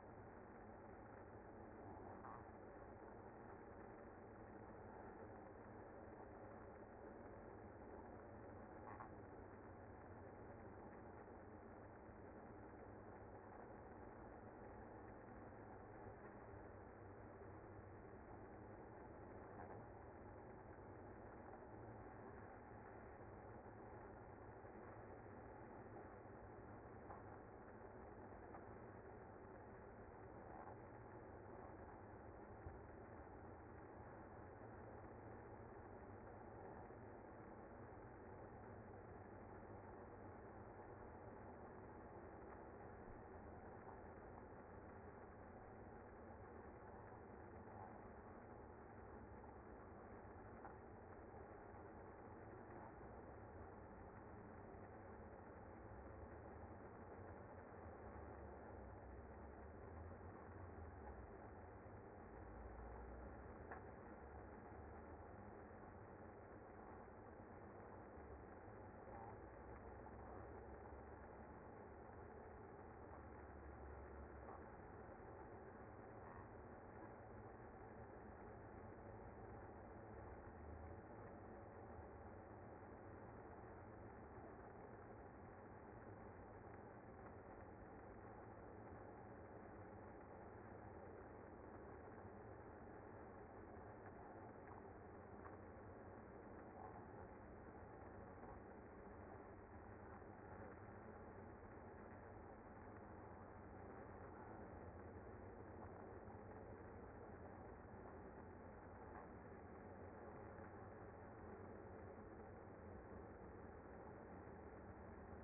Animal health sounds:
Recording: honeybee colony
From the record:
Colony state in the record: active

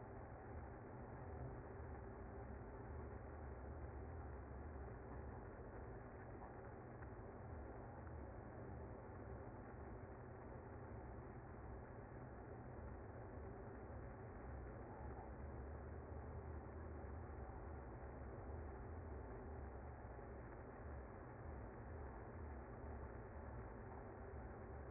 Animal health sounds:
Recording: honeybee colony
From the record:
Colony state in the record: active

